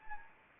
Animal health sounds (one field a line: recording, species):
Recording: mosquito wingbeat signal from an infrared sensor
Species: Anopheles arabiensis